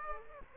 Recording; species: mosquito wingbeat signal from an infrared sensor; Aedes aegypti